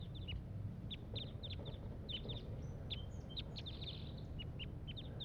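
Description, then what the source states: Crossbill calls: rapid series of short, clipped high notes in irregular bursts, with a few thin whistles mixed in over low background noise. Single wild crossbill giving calls from the top of a pine tree, near a net set up at a waste lot.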